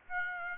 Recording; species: mosquito wingbeat signal from an infrared sensor; Aedes aegypti